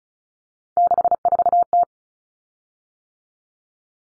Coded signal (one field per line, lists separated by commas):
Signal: Morse code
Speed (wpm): 34 wpm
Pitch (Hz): 700 Hz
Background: none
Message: 64T